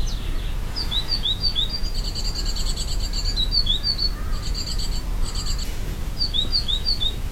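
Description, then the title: Bird calls: bright high chirps in quick clusters of three to four notes, repeated throughout over a steady low rumble of background noise. Recorded in a forest in Estonia. "来自爱沙尼亚丛林里的鸟叫"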